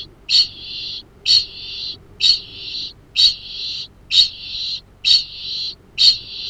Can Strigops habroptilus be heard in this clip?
yes